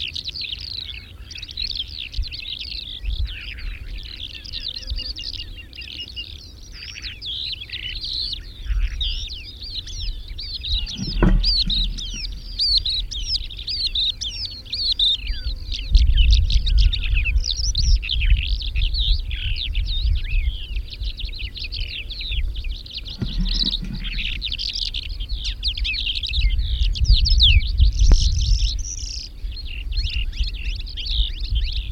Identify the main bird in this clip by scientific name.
Melanocorypha calandra